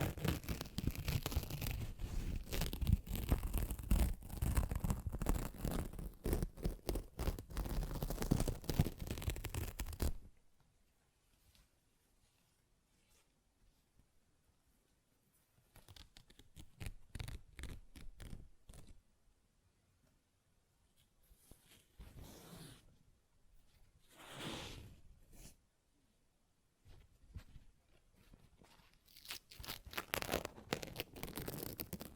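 Paper is torn and ripped in a loud, dense burst for the first ten seconds, a rough crackling rush full of quick tearing strokes. After a sudden stop, quieter scattered rips and crinkles come in short bursts, with a sharper tear near twenty-five seconds and a final flurry at the end.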